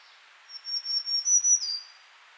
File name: Setophaga virens - Black-throated Green Warbler